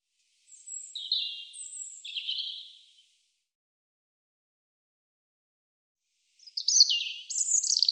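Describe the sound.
European robin singing two high, liquid phrases mixing thin whistles and quick twittering trills, with a silent gap of about three seconds between them.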